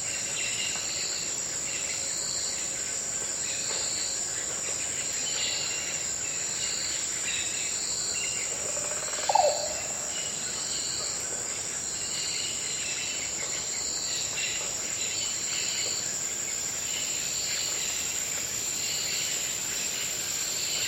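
A thick, steady insect chorus fills an afternoon rainforest ravine, with a high shrill band of buzzing and a rhythmic pulsing trill repeating throughout. Around nine seconds a single short, liquid bird call rings out, briefly rising above the constant drone.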